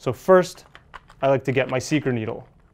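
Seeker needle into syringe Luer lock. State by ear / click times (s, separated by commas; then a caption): not seated / none. Someone talks while handling the seeker needle from a chest tube kit, getting it ready to lock onto a syringe's Luer connection. A few faint, quiet ticks sit under the voice, with a small one near the end at about 2.6 seconds. Nothing has seated or clicked yet.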